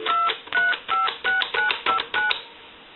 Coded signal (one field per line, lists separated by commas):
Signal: DTMF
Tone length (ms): 150 ms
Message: 2356959